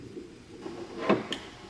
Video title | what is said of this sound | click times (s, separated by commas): Saving a Burnt Landini, part 4 | okay you heard the click and then now this | 1.1 s, 1.3 s